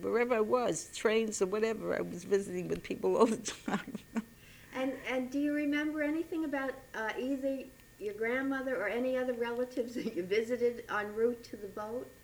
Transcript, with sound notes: Wherever I was, trains or whatever I was visiting with people all the time. [She laughs]
And, and do you remember anything about either your grandmother or any other relatives that you visited en route to the boat?